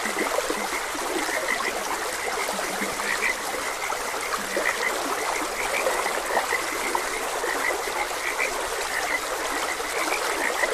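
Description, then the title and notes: Frog chorus with bright repeated chirping croaks and occasional deeper low croaks, all over a continuous rush of flowing stream water. Frogs croaking beside a gentle stream. "Frogs Croaking. Sleep and Relaxation Podcast"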